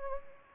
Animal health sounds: mosquito wingbeat signal from an infrared sensor; Anopheles gambiae

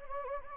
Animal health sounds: mosquito wingbeat signal from an infrared sensor; Anopheles gambiae

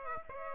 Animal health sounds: mosquito wingbeat signal from an infrared sensor; Aedes aegypti

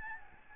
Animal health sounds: mosquito wingbeat signal from an infrared sensor; Aedes albopictus

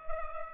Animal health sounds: mosquito wingbeat signal from an infrared sensor; Culex pipiens

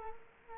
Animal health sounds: mosquito wingbeat signal from an infrared sensor; Culex quinquefasciatus

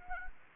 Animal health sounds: mosquito wingbeat signal from an infrared sensor; Anopheles arabiensis

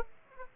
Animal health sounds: mosquito wingbeat signal from an infrared sensor; Aedes aegypti

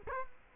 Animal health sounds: mosquito wingbeat signal from an infrared sensor; Culex quinquefasciatus

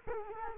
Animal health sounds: mosquito wingbeat signal from an infrared sensor; Culex quinquefasciatus

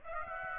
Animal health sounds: mosquito wingbeat signal from an infrared sensor; Aedes aegypti

